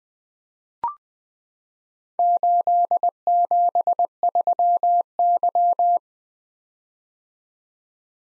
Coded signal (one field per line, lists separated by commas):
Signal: Morse code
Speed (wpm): 20 wpm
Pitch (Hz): 700 Hz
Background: none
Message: 873Y